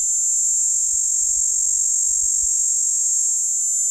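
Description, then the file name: Platypleura plumosa cicada: a steady, piercing drone without pauses, with only faint low thumps of wind beneath. Platypleura plumosa, recorded at Steytlerville. "P plumosa Steydtlerville"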